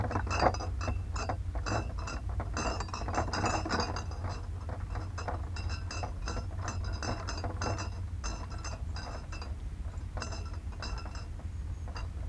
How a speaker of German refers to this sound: Das Vorsignal kreischt.